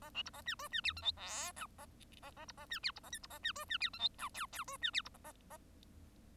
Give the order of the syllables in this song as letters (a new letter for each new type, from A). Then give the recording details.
A B C A D E D F G H I J A A A C A D F C A K C A D E D F G H J L L E D F C A A A. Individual Bird1